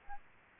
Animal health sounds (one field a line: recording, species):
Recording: mosquito wingbeat signal from an infrared sensor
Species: Aedes aegypti